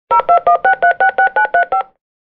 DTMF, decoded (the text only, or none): 0216366935